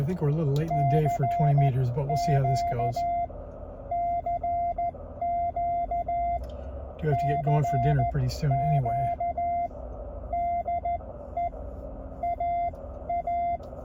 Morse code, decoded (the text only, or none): CQ CQ CQ DE AA